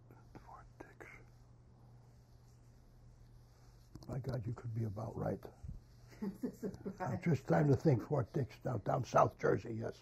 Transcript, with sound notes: Fort Dix? My God, you could be about right. [Both laugh] Just time to think, Fort Dix, down South Jersey, yes.